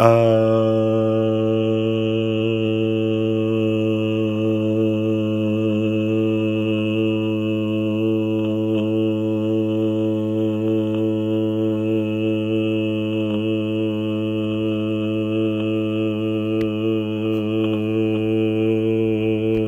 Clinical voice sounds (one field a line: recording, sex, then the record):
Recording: sustained vowel /a/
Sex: male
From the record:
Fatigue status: no fatigue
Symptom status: symptomatic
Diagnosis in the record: COVID-19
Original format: m4a